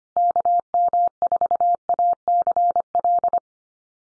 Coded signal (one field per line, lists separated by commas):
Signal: Morse code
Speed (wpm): 25 wpm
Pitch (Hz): 700 Hz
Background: none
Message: KM4ACL